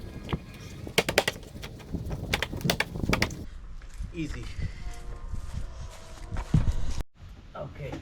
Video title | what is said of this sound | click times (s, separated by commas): Keter 230 Gallon Deck Box Assembly Guide: EASY Step-by-Step (No Manual? No Problem!) | snapped in place right here | 1.0 s, 1.2 s